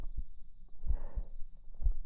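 An adult's heartbeat heard up close: soft, low thudding beats come in a steady rhythm at roughly 60 beats a minute, some heard as lub-dub pairs. A faint, steady high-pitched tone runs in the background.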